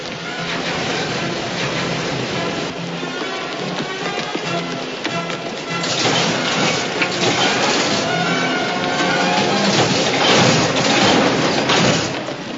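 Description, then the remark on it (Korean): A subway train bound for Central station runs on rails with a steady, dense roar and rattle that swells louder about halfway through and holds there, with no voices. “달리는 지하철 안에서 칼리토는 또 달립니다.”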